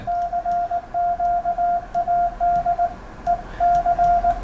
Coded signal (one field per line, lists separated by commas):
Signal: Morse code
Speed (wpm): 19 wpm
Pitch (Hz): 700 Hz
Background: radio noise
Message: CQ AD E C